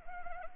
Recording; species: mosquito wingbeat signal from an infrared sensor; Anopheles arabiensis